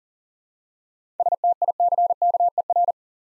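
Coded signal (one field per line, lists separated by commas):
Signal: Morse code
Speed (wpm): 40 wpm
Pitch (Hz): 700 Hz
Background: none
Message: STICKER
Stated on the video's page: Practice set of easy words with context hints at 40 wpm.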